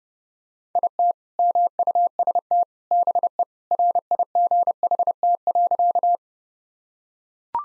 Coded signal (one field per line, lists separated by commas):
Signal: Morse code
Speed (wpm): 32 wpm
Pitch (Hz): 700 Hz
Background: none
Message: IT MUST BE RIGHT.